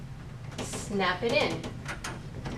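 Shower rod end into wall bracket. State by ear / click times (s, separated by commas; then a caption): seated / 2.1 s. A curved shower rod end with a cam is slid up onto a wall-mounted ball bracket and pushed in while someone talks, then it snaps in with a short, sharp click at 2.1 s. The rod end is seated and solidly in place.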